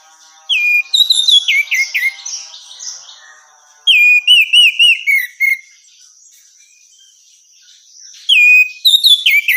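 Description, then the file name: Orange-headed thrush song of descending whistled phrases and quick chirps, delivered in three bursts with short pauses between. Female; a therapy recording. "suara terapi anis merah betina"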